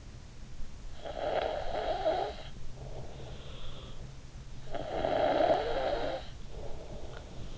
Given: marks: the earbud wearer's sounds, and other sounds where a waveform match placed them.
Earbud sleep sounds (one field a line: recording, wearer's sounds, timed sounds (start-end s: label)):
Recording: sounds in sleep by an in-ear microphone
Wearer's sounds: snoring breath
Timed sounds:
0.78-4.21 s: snoring breath
4.38-7.58 s: snoring breath